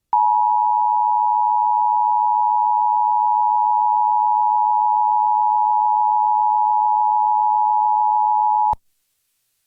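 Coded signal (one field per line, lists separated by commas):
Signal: Emergency Alert System (SAME) tones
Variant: 853 and 960 Hz attention tone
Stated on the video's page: Radio station Required Monthly Test, recorded with poor quality.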